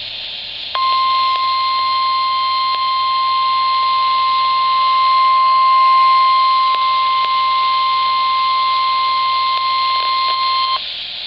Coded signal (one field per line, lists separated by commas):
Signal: Emergency Alert System (SAME) tones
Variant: 1050 Hz attention tone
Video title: Tornado Warning [EAS 5] | NOAA Weather Radio (5/26/2011)